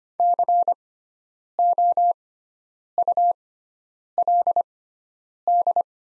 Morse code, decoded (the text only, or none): COULD